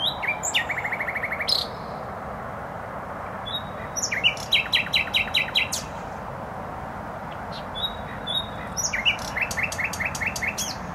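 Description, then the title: Nightingale phrases: a rapid trill of identical notes, later a series of loud sharp repeated strokes, against a steady background of traffic noise. Singing in bushes close to a noisy motorway, Trasa Toruńska, Bródno-Podgrodzie, Warsaw, Poland; recorded on an Olympus LS-11. "Bródno-Podgrodzie, Warszawa, Polska - Trasa Toruńska Nightingale"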